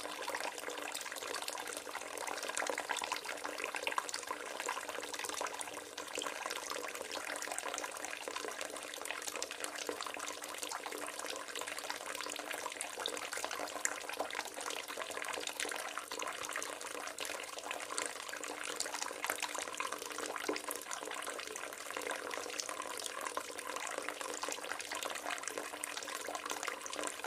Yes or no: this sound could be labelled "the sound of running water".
yes